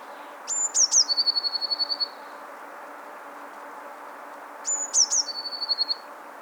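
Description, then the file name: Eurasian blue tit, two phrases four seconds apart: high thin whistle, two descending notes, then a rapid level trill, the second phrase shorter. "Cyanistes caeruleus"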